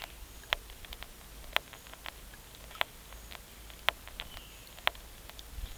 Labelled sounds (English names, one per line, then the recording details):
none
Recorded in pastures near Puerto Asís, Putumayo, Colombia, on 26 December 2024 at 09:30
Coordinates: 0.472, -76.329
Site G072